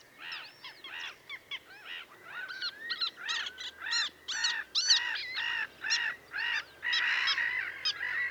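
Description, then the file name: Little gull calls, a rapid series of short nasal barking notes with harmonics, repeated about twice a second. "Dvargmas"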